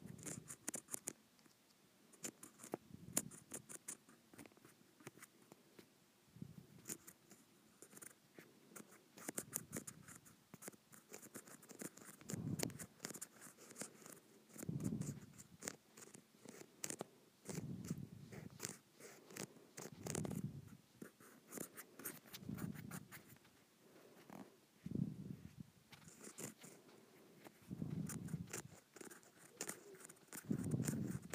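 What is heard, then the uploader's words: Rippled plastic is scratched in short, rasping strokes that come in uneven bursts throughout, each a dense crackle with a low, rubbing body and a bright, gritty edge. Brief pauses separate the strokes, and the pace never settles into a steady rhythm. Scratching Rippled Plastic.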